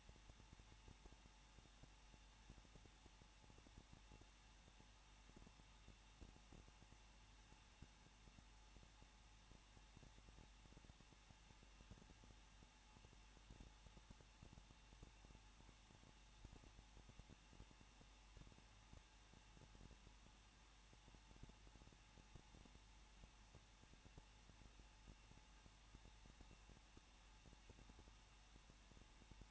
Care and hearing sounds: daily activity, microphone in the room; no activity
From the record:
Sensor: 1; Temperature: 20.1 degrees Celsius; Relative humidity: 39.1%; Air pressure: 1006.3 hPa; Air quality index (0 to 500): 217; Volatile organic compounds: 76 ppm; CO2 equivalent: 3574 ppm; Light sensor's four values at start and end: 1/2/1/1 and 1/2/1/1

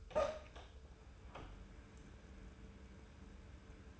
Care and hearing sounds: daily activity, microphone in the room; open door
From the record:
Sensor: 2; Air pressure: 1015.1 hPa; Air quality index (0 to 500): 146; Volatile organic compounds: 6 ppm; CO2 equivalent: 1881 ppm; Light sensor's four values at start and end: 13/35/14/15 and 13/35/14/15

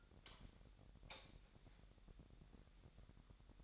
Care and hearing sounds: daily activity, microphone in the room; light on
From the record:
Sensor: 3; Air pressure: 1012.0 hPa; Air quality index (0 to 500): 225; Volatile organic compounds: 4 ppm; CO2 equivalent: 1673 ppm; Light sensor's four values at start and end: 13/31/13/13 and 15/37/16/16

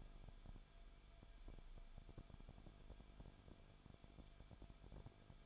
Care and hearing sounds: daily activity, microphone in the room; no activity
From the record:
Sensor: 5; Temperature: 20.4 degrees Celsius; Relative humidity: 39.7%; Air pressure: 1010.8 hPa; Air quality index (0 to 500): 165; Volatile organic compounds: 15 ppm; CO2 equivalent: 2491 ppm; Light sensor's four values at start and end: 2/3/1/1 and 2/3/1/1

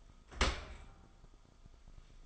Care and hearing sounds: daily activity, microphone in the room; open dishwasher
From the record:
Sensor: 5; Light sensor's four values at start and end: 32/74/30/30 and 32/73/30/29

